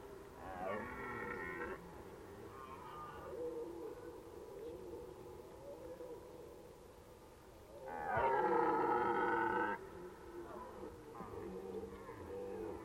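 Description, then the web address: Red deer roaring in rough, harmonic bellows: short bursts near the start, then a longer, louder roar around eight seconds, followed by quieter ones. Recorded in Valsolda. "cibra valsolda. Cervo"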